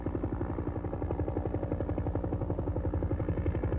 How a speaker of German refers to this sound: Josef Fischer ist im Stall, als der Hubschrauber über den 7 Höfen von Kölbeldorf ankommt.